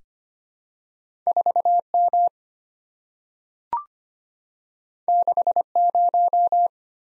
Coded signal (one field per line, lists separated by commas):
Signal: Morse code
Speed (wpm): 25 wpm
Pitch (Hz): 700 Hz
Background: none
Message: 4M 60